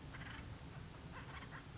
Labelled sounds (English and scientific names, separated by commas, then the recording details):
Acorn Woodpecker (Melanerpes formicivorus)
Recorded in Sonoma County, California